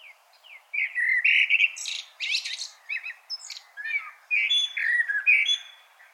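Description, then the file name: Common blackbird singing, mellow whistled notes alternating with bursts of squeaky high twitters. "Turdus merula"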